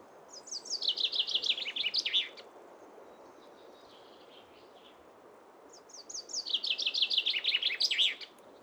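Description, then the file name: Common chaffinch singing twice, each song a cheerful trill of notes falling in pitch and closing with a flourish, the two songs separated by a few seconds of quiet. Oskarshamn, Sweden; mono. "Bofinken i Oskarshamn"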